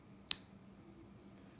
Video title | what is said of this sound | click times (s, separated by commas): Rolex Submariner 116610LN vs Omega Seamaster SMPc 212.30.41.20.03.001 | when I put it on it snaps into place | 0.3 s